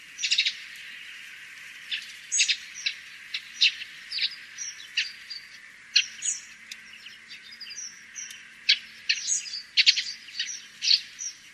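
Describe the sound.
Bird calls: quick high chirps and brief twitters in irregular bursts over a faint steady hum.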